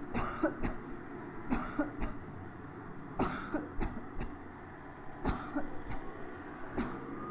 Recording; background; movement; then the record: voluntary coughing; traffic; sitting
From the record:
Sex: female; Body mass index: 22.6 kg/m2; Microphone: on the chest, facing the body